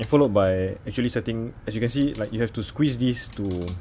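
Someone talks while squeezing the release on the leg of a small folding table, handling the leg as it is folded into the table frame so it can swing up and lock upright and not move. Only speech and faint handling noise are heard, and nothing has locked or clicked into place yet.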